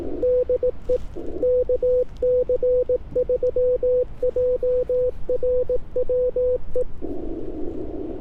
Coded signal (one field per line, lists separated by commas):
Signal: Morse code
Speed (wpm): 18 wpm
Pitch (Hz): 500 Hz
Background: none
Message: DE KC3JRW E